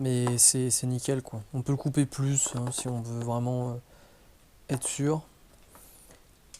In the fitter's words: voilà du coup la pompe est bien comme ça ils le cachent toc ça s'emboîte voilà